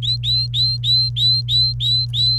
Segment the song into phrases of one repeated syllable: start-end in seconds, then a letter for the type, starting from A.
0.02-2.39 A